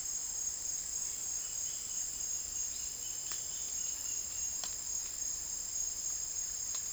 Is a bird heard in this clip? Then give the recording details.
no. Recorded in dense forest near Puerto Asís, Putumayo, Colombia, on 19 March 2025 at 08:30. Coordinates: 0.503, -76.323. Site GP09